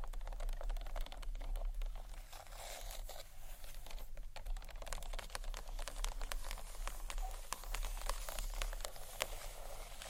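Gentle scratchy tapping on books, with light fingernail scratches and quick taps crowding together throughout. The sound is bright and papery with a crinkly edge, steady in level, over a constant low hum underneath.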